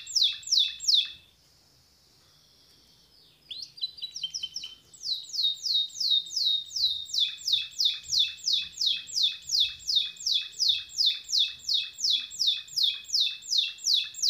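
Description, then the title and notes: Bird calls: rapid, bright, buzzy chirps repeated about three per second, briefly broken by a thin sustained whistle and a short pause before the steady chirping resumes. "الخضيري. طيور"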